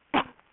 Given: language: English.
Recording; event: throat vibration sensor signal played as sound; cough